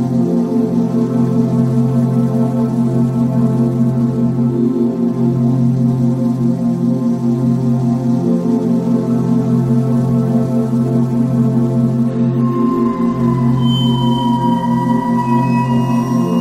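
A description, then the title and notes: Binaural beats: a steady, dense drone of layered low tones with a gentle pulsing wobble, unchanging in level. Around twelve seconds, brighter ringing tones enter above it, one gliding slowly downward, like a struck singing bowl sustaining over the hum. Focus sounds, Binaural Beats Concentration sounds.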